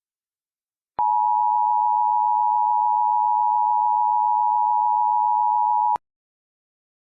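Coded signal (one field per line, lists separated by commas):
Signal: Emergency Alert System (SAME) tones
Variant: 853 and 960 Hz attention tone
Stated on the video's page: Fictional EAS scenario, third part of a series.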